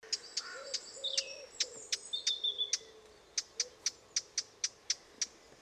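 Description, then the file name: Eurasian blackcap giving hard, clicking tak calls, repeated rapidly, with whistled and warbling notes from other birds early on. "Sylvia atricapilla"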